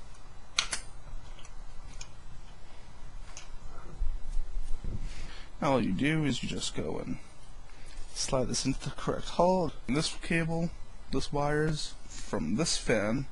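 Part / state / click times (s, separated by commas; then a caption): CPU cooler push pin into motherboard hole / seated / 0.6 s, 0.7 s, 2.0 s, 3.4 s. The plastic push pins of a CPU fan and heatsink are pushed into the motherboard holes with a screwdriver, and sharp snapping clicks are heard at 0.6, 0.7, 2.0 and 3.4 seconds as the pins seat in the board. Someone then talks.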